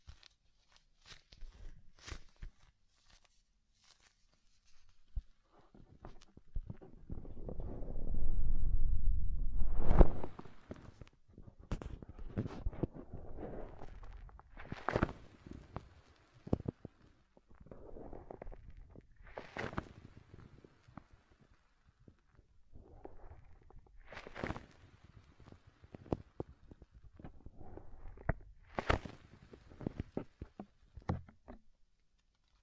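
Soft, fluffy ASMR triggers come in irregular bursts of rustling and brushing, with short crisp strokes scattered every second or two. Around seven to ten seconds a louder, low muffled rubbing swells up before the sparse taps and swishes return.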